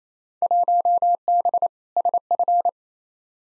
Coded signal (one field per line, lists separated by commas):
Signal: Morse code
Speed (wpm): 28 wpm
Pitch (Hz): 700 Hz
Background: none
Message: 1B SF